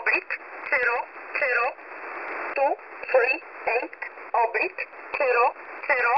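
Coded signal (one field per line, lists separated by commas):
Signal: numbers station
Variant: E11, English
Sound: short spoken words read at steady intervals through a narrow, hissy radio channel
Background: radio static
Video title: 5432 kHz - Poland E11 Numbers Station (21-01-2025 apx 16:00hrs GMT)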